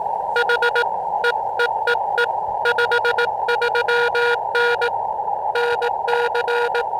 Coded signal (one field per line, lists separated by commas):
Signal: Morse code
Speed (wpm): 18 wpm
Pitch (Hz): 1430 Hz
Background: none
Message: H EEEE 53N NC